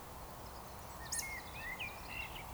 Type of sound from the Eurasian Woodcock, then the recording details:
whistle. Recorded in Baden-Württemberg, Germany, on 14 June 2020 at 19:35 UTC. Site 43791, 788 m above sea level